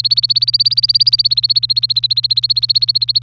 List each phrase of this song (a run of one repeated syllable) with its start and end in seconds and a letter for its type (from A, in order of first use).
0.00-3.19 A